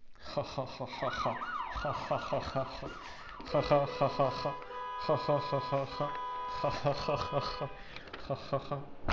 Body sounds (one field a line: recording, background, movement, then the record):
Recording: laughter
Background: traffic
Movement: sitting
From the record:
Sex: male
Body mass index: 23.7 kg/m2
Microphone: on the chest, facing outward